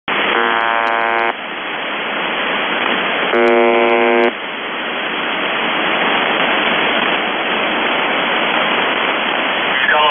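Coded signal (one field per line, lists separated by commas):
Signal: numbers station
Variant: UVB-76 (The Buzzer)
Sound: two harsh, low, roughly one-second buzzes about two seconds apart, over steady hiss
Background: radio static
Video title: The Buzzer/UVB-76(4625Khz) November 25+26, 2021 Voice messages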